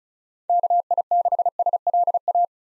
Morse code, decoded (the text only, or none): KI6SLA